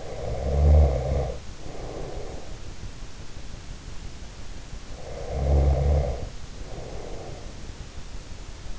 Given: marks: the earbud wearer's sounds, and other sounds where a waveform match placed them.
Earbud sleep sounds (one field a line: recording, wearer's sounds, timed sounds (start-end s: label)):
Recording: sounds in sleep by an in-ear microphone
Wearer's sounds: snoring breath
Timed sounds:
0.00-2.40 s: snoring breath
4.72-8.16 s: snoring breath